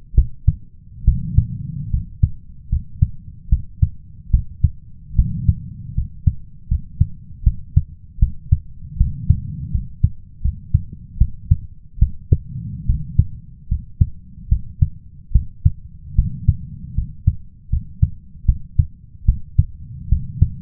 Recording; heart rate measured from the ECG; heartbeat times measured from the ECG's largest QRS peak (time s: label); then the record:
heart sounds by stethoscope; 75 bpm
0.15 s: heartbeat
1.04 s: heartbeat
1.90 s: heartbeat
2.69 s: heartbeat
3.49 s: heartbeat
4.30 s: heartbeat
5.15 s: heartbeat
5.94 s: heartbeat
6.68 s: heartbeat
7.43 s: heartbeat
8.19 s: heartbeat
8.97 s: heartbeat
9.71 s: heartbeat
10.41 s: heartbeat
11.18 s: heartbeat
11.98 s: heartbeat
12.86 s: heartbeat
13.68 s: heartbeat
14.48 s: heartbeat
15.32 s: heartbeat
16.15 s: heartbeat
16.94 s: heartbeat
17.69 s: heartbeat
18.45 s: heartbeat
19.25 s: heartbeat
20.08 s: heartbeat
From the record:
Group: healthy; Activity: rest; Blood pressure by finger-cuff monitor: 101/72 mmHg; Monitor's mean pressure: 81 mmHg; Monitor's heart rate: 75 bpm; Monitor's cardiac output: 5.6 L/min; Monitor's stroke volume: 72 mL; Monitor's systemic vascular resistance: 1060 dyn s/cm5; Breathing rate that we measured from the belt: 16 breaths a minute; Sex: male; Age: 21 years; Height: 170 cm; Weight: 71 kg